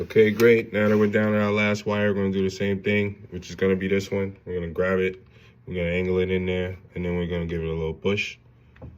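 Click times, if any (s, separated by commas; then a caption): none. Someone talks while handling the last wire's plastic connector, angling it toward its slot on the hotend circuit board of a Bambu X1 Carbon during a hotend replacement. Faint handling sounds are heard, including a small tick near the end of the clip. Nothing has seated or clicked yet; the connector is not yet pushed home.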